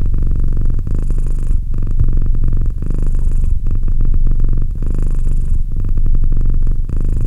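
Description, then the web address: Domestic cat purring, a steady low rumbling purr pulsing with each breath, short pauses between strokes, no other sounds. "Cat Purr 201308 Cat purr"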